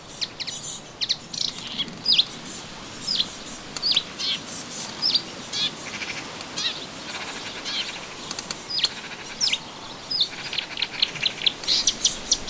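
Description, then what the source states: Melodious warbler song of scattered high chirps and short slurred notes, delivered in a loose, irregular series with brief bursts of faster chatter. Recorded in a garden on 25 June 2017.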